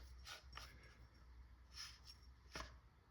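A compressed-air/CO2 tank is screwed straight into the ASA adapter of an LL4D Pistelle X68 less-lethal carbine, giving soft scraping and handling noises with brief taps near 0.6 and 2.6 seconds over a low hum. Nothing has clicked: the adapter's pin is too short to engage the tank's valve pin.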